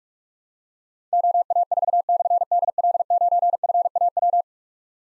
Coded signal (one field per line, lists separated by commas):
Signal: Morse code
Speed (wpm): 44 wpm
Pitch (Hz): 700 Hz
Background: none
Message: OA4/DL9FAW